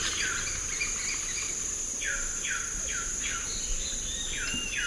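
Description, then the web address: Sungrebe calling in a series of short notes that drop then level off, over a steady hiss of insects. Eastern lowlands of South America. "Natures Songs S America Eastern Lowlands Sungrebe"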